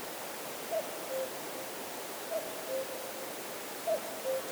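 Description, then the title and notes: Common cuckoo calling a falling two-note cu-coo three times, about every one and a half seconds, over a steady hiss of background noise. Calling near the Laya river, Arkhangelsk Region, Russia; recorded on a Zoom H4n. "cuckoo, Arkhangelsk Region, Russia. кукушка, в районе реки Лая"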